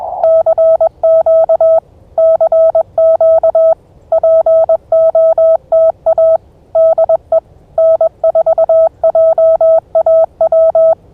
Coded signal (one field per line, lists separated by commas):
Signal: Morse code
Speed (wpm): 21 wpm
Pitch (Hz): 660 Hz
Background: none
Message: CQ CQ POTA DE N4JAW